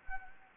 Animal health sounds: mosquito wingbeat signal from an infrared sensor; Anopheles gambiae

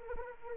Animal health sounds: mosquito wingbeat signal from an infrared sensor; Anopheles arabiensis

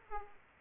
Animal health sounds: mosquito wingbeat signal from an infrared sensor; Aedes aegypti

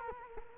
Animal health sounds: mosquito wingbeat signal from an infrared sensor; Culex quinquefasciatus

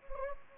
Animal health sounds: mosquito wingbeat signal from an infrared sensor; Anopheles gambiae

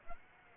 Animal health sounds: mosquito wingbeat signal from an infrared sensor; Aedes aegypti

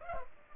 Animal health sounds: mosquito wingbeat signal from an infrared sensor; Culex pipiens

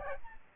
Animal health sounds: mosquito wingbeat signal from an infrared sensor; Aedes albopictus

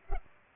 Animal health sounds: mosquito wingbeat signal from an infrared sensor; Culex pipiens

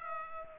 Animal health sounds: mosquito wingbeat signal from an infrared sensor; Culex pipiens

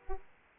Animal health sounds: mosquito wingbeat signal from an infrared sensor; Aedes aegypti

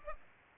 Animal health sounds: mosquito wingbeat signal from an infrared sensor; Culex pipiens

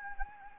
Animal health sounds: mosquito wingbeat signal from an infrared sensor; Anopheles gambiae

